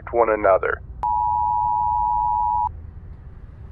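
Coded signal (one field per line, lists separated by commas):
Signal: Emergency Alert System (SAME) tones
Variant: 853 and 960 Hz attention tone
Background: speech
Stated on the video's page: Fictional zombie apocalypse EAS scenario on radio.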